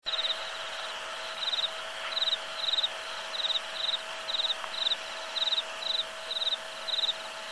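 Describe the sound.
Cricket giving a regular series of rapid high pulsed chirps after an early pause, with a constant faint hum underneath.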